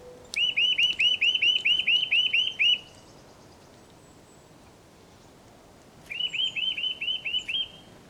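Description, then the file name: Eurasian nuthatch giving a fast run of about ten arched, whistled notes, a pause of several seconds, then a similar shorter series over steady background hiss. "Sitta europaea"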